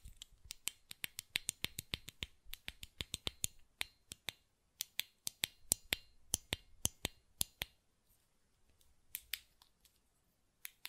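Sharp, bright clicks and taps come in a quick, uneven stream for about eight seconds, then thin out to a few scattered clicks.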